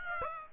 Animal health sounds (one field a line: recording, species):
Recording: mosquito wingbeat signal from an infrared sensor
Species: Aedes aegypti